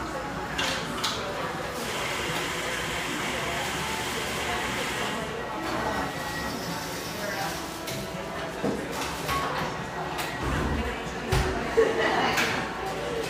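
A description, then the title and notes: Street sound in Portland's Pearl District: a steady murmur of voices and passing traffic, with a few sharp knocks near the end. Pearl District, Portland, Oregon.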